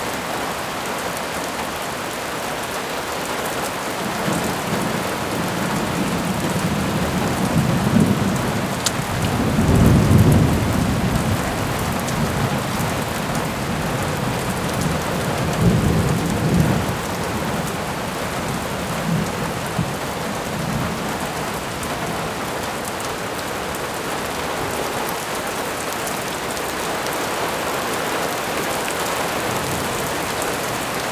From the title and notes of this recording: Safe From the Rain.